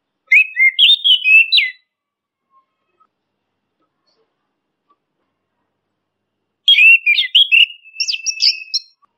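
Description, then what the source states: Orange-headed thrush song: two bursts of rapid, varied whistles and chirpy notes, about five seconds apart, the second including a sustained clear whistle and sharp high notes. Masteran (training) song.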